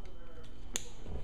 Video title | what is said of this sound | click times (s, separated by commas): Reveal the shield Perceptor review | click into place like so just position his foot | 0.8 s